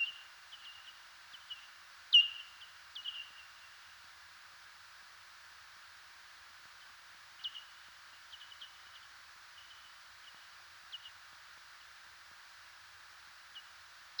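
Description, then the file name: Bat calls: brief, sharp downward-sweeping chirps, some single and some in quick clusters, scattered irregularly over a steady background hiss. Recorded 18 September 2019. "Bats 2019-09-18"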